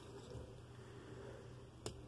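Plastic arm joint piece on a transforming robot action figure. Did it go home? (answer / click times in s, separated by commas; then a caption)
yes / 1.9 s. A plastic arm joint piece on a Transformers Studio Series No. 49 Bumblebee transforming robot action figure is lowered during transformation to show off the arms. Over a steady low background, a single sharp click sounds at 1.9 s as the piece seats into place.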